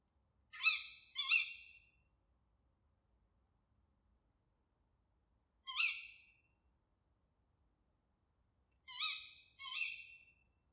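Tawny owl giving sharp, harsh, rasping calls, mostly in quick pairs, with long silent gaps between.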